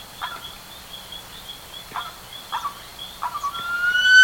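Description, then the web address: Bird uttering a few rough, short notes spaced irregularly, then a clear rising whistle at the end, with a faint steady high hum. "BIRD 2015 SABIOD 50 bird 2015"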